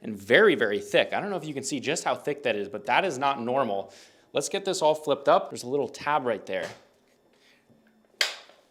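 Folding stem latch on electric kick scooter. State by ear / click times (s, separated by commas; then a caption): seated / 8.2 s. Someone talks for most of the clip while the metal steering stem of a Segway Ninebot Kickscooter ES2/ES4 electric kick scooter is flipped up from its folded position. A faint tap comes at 7.9 s, then a sharp snap at 8.2 s as the folding latch tab engages. The stem latch seats.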